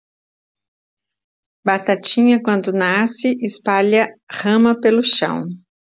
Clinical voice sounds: short text; Brazilian Portuguese; female; 40 to 49 years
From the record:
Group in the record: control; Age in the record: 46 years

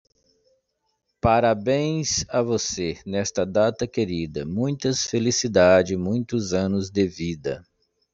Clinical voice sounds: short text; Brazilian Portuguese; male; 50 to 59 years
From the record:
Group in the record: control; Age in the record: 51 years

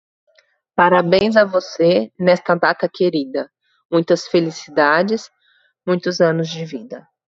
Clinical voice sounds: short text; Brazilian Portuguese; female; 30 to 39 years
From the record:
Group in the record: control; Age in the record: 37 years

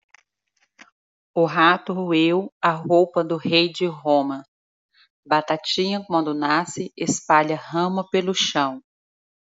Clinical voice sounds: short text; Brazilian Portuguese; female; 30 to 39 years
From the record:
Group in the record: control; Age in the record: 30 years

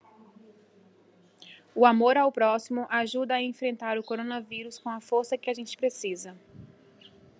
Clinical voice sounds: spoken sentence; Brazilian Portuguese; female; 30 to 39 years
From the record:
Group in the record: control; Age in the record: 35 years

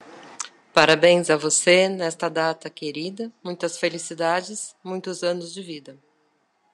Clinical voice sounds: short text; Brazilian Portuguese; female; 50 to 59 years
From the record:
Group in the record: control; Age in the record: 55 years

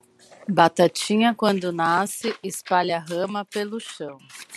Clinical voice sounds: short text; Brazilian Portuguese; female; 30 to 39 years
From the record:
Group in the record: control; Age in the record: 38 years

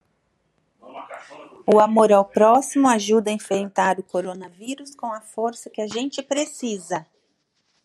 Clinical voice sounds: spoken sentence; Brazilian Portuguese; female; 50 to 59 years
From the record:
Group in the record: control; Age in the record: 51 years

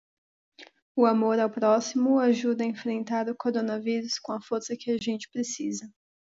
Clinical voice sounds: spoken sentence; Brazilian Portuguese; female; 20 to 29 years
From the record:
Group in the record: control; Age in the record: 26 years

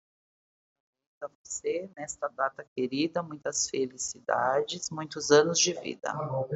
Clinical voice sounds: short text; Brazilian Portuguese; female; 40 to 49 years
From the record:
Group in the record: control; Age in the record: 41 years

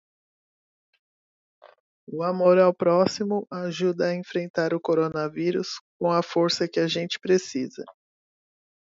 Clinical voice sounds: spoken sentence; Brazilian Portuguese; female; 40 to 49 years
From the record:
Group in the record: control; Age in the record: 46 years

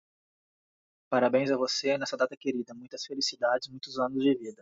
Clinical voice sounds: short text; Brazilian Portuguese; male; 40 to 49 years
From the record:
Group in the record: control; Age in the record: 41 years

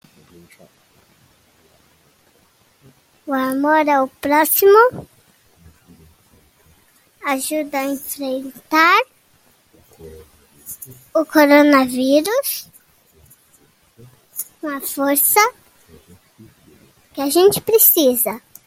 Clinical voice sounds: spoken sentence; Brazilian Portuguese; male; 40 to 49 years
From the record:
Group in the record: control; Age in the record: 40 years

